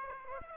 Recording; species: mosquito wingbeat signal from an infrared sensor; Aedes aegypti